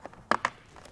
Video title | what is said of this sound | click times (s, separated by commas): E-flite® DRACO 2.0m – Assembly Plus Hints and Tips with Special Guest | it goes right in there and once you've aligned it in both holes you'll hear it snap in and quarter turn it's locked that's it | 0.3 s, 0.5 s